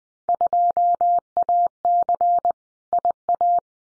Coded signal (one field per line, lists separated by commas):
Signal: Morse code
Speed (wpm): 20 wpm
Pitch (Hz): 700 Hz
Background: none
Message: 2AC IA